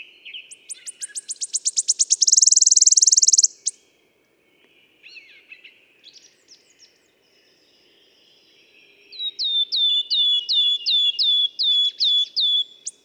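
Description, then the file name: Wood warbler delivering a fast trill that ends in a buzzy shiver, a few quiet notes, then a run of about nine clear, falling, piping whistles. "Pouillot siffleur"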